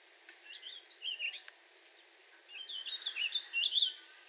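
Warbling vireo singing a short rambling warble, a pause, then a longer run of tumbling, slurred notes.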